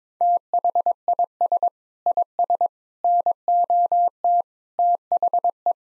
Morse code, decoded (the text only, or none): THIS IS NOT THE